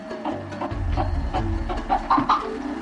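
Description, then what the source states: Red-footed tortoise clucking: several short soft pulses over a low rumble. Species threatened by extinction.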